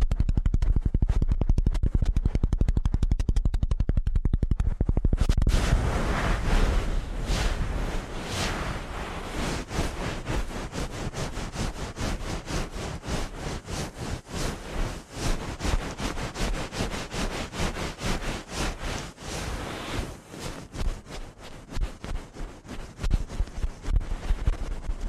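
Rapid ear cleaning, opening with about five seconds of deep, fast thumping rumble. From there it turns into dense, crackling scratches that run almost without pause, a quick rustling flutter that stays busy to the end and grows slightly louder in the last seconds.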